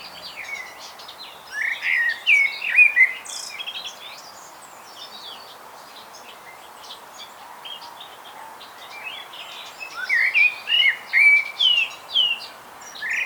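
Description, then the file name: Common blackbird calls: loud warbled phrases around the two-second mark and a series of pulsing notes near the end, with thin high chirps between. "Turdus merula"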